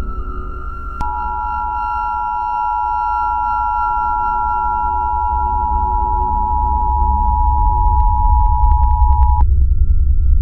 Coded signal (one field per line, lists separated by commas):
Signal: Emergency Alert System (SAME) tones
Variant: 853 and 960 Hz attention tone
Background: music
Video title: Emergency Alert System - The Dark Hallway